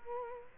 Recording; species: mosquito wingbeat signal from an infrared sensor; Culex quinquefasciatus